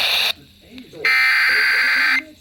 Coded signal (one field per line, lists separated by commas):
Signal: Emergency Alert System (SAME) tones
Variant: header bursts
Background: speech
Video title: Mid-July fun. | EAS Alerts from 7/11-15/25 | EAS#2,462-2,500